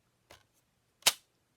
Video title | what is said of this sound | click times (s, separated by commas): Paper Pumpkin Waterfall Card Tutorial and New Sneak Peek Items! | a girl just sit - it clicks right in place it feels to me like it's got a magnet but it doesn't so | 0.3 s